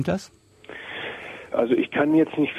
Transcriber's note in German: langes Einatmen